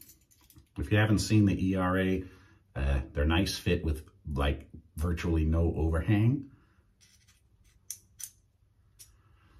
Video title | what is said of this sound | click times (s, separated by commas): Blackland ERA w/ Open Comb #4 Baseplate. Fresco Soap and Aftershave, Simpson Eagle 3 Badger. | locks into place pretty good | 7.9 s